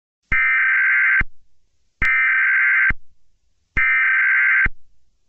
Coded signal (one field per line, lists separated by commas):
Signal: Emergency Alert System (SAME) tones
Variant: header bursts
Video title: EAS scenario my little pony